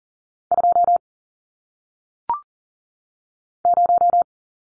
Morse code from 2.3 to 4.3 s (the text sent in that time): 0